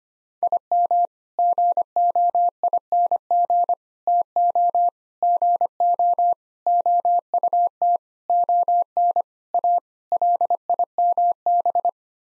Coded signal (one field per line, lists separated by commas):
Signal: Morse code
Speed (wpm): 25 wpm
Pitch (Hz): 700 Hz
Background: none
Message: IM GOING TO GO OUT ON A LIMB